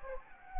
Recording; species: mosquito wingbeat signal from an infrared sensor; Anopheles gambiae